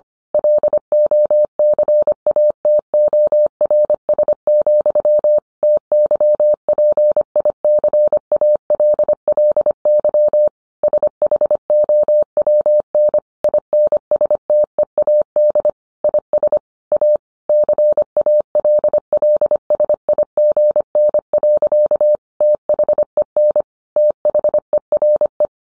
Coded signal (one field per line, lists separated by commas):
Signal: Morse code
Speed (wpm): 25 wpm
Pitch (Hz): 600 Hz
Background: none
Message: LOCATORS, TYPICALLY SHOWN INSTEAD IS A CALLSIGN. THEN THERE